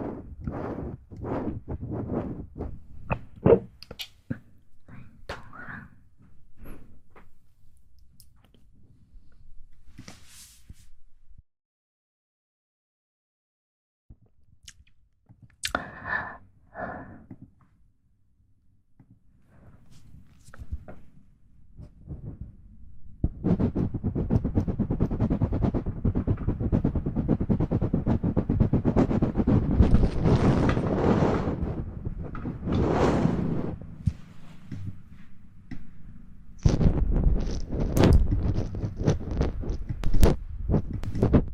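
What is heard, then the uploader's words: Quiet mouth sounds and small clicks come in scattered bursts through the first twenty seconds, with a near-silent gap around twelve seconds. From about twenty-three seconds the sound thickens into denser, continuous wet rustling and crackling that lasts to the end. ASMR Tingly Mouth Sound Triggers.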